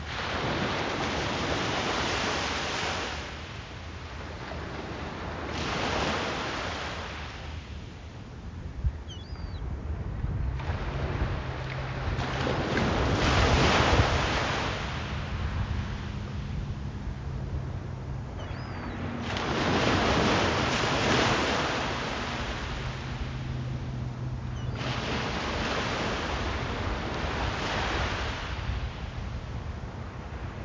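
Ocean waves break and wash ashore in repeated swells every five seconds or so, with steady wind rumbling against the microphone underneath.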